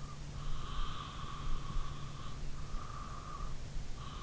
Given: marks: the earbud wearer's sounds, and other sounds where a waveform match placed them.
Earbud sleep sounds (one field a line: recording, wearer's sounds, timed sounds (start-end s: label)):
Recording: sounds in sleep by an in-ear microphone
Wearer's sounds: breath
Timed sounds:
0.28-3.64 s: breath